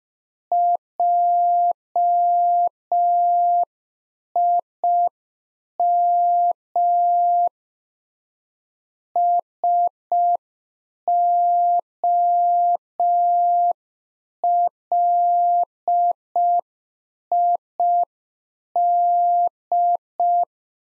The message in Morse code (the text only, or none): JIM SOLID